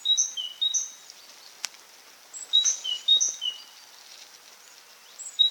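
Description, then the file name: Great tit song: repeated high-low whistled note pairs in rhythmic series, a brief click early on, with faint hiss of surrounding noise throughout. "Parus major"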